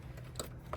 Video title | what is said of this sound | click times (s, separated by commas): 12.3" Android Screen Install on BMW F10 2012-2017 NBT | and it clicks into place. | 0.4 s, 0.7 s